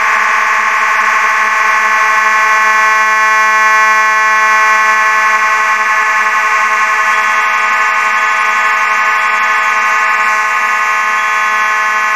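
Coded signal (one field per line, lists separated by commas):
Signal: alarm pattern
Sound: a harsh, steady electronic buzzing alarm tone that sounds without a break for twelve seconds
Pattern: continuous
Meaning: A continuous fire alarm sound calls for everyone to evacuate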